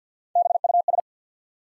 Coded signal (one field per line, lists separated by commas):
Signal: Morse code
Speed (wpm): 50 wpm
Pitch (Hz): 700 Hz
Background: none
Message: BUS